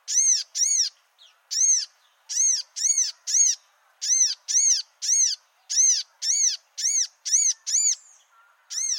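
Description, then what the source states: Humblot's sunbird calling with a series of many high, arched notes. Endemic to the Comoros Islands.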